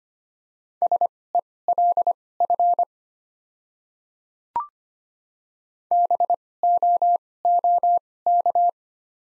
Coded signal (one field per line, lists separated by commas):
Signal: Morse code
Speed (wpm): 25 wpm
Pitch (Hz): 700 Hz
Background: none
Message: SELF BOOK